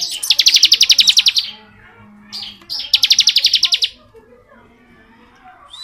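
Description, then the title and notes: Bar-winged prinia: two fast rattling high trills in the first four seconds, then near quiet. Bar-winged prinia singing in the 'ngebren' style; recording used as training (masteran) audio for white-rumped shamas (murai batu). "Ciblek Ngebren Untuk Masteran Murai Batu. Suara burung ciblek - Suara Nada"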